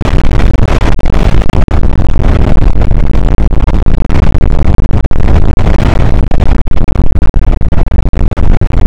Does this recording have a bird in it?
no